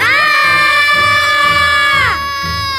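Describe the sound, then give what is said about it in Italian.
Three children, alone in a place they should not be, let out a long, shrill scream of fright at a talking ghost, holding a steady high pitch for about two seconds before it breaks off into a fainter trailing cry. “Anche tu ti metteresti a urlare, no?”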